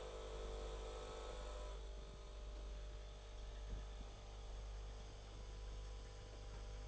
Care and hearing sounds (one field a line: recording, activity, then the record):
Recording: daily activity, microphone in the room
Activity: make coffee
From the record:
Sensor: 5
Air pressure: 991.8 hPa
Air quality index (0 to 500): 166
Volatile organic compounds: 396 ppm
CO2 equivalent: 4665 ppm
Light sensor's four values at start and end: 33/109/41/43 and 33/109/41/43